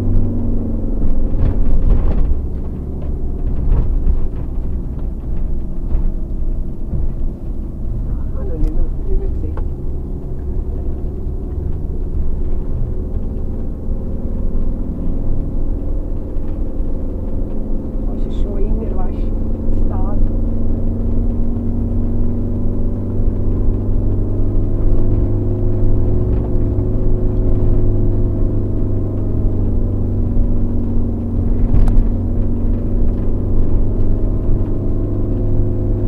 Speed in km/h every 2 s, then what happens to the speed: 29, 22, 20, 20, 22, 24, 25, 29, 29, 31, 33, 35, 37, 37, 35, 33, 35, 37.
0-3 slows to 20. 6-24 speeds up to 37. 24-36 steady at about 35.